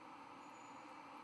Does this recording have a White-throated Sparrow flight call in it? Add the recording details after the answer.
no. No flight call is heard. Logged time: 23:47 on 4 November 2014